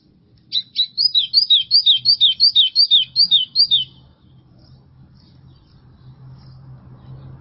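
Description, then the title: White-throated seedeater delivers a rapid series of sweet, slurred whistles lasting a few seconds, then a low hum carries on alone. "Canto Do Golinha"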